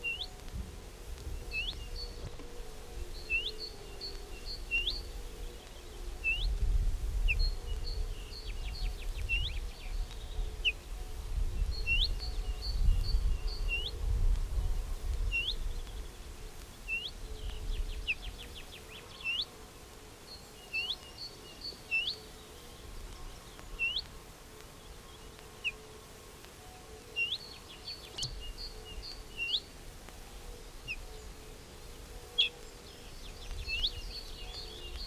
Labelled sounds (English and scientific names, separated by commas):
Ortolan Bunting (Emberiza hortulana) alarm call